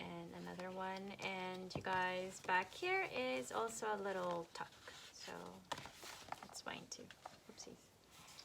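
A paper insert is handled at a tuck or pocket of a handmade junk journal while someone talks through the first half. Soft papery rustling and a few sharp little taps follow between about 5.7 and 6.7 seconds. Nothing has seated or snapped into place yet.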